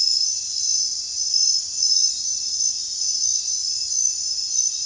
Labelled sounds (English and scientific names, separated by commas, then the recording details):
none
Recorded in secondary vegetation near Puerto Asís, Putumayo, Colombia, on 29 June 2025 at 00:00
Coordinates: 0.498, -76.327
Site GP09